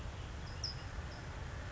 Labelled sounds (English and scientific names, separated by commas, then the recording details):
California Towhee (Melozone crissalis)
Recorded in Sonoma County, California